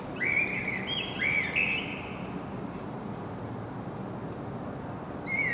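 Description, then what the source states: Common blackbird singing two quick fluty warbled notes ending in a high thin twitter, then a pause and the start of another phrase, against a constant low rumble. Singing, recorded in Saint-Gilles, Belgium, with a Sony PCM-M10 internal microphone.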